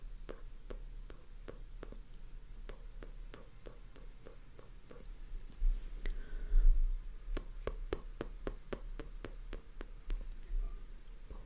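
Brushing a face, with sharp ticking strokes repeating two or three times a second over a low steady hum, swelling into louder rustling midway.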